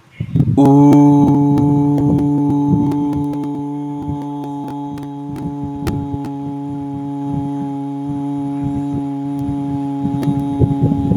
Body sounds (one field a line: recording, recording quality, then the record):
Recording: sustained vowel as in boot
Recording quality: excellent, no background noise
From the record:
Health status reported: healthy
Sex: male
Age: 21 years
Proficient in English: yes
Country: India